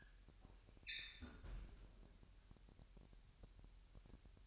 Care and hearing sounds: daily activity, microphone in the room; close fridge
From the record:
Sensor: 2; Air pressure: 1001.8 hPa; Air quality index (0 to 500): 240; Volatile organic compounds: 31 ppm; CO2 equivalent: 2988 ppm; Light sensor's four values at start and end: 9/28/11/10 and 9/28/11/10

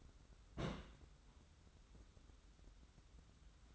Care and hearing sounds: daily activity, microphone in the room; place on stove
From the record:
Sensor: 3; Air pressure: 994.5 hPa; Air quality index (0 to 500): 211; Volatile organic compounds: 1000 ppm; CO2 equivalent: 7032 ppm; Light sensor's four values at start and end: 196/473/199/197 and 196/473/199/197

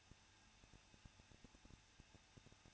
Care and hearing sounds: daily activity, microphone in the room; no activity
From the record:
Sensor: 2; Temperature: 21.0 degrees Celsius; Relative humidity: 37.6%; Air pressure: 1006.3 hPa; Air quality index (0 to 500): 224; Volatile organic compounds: 25 ppm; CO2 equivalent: 2846 ppm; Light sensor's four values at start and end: 2/3/2/2 and 2/3/2/2

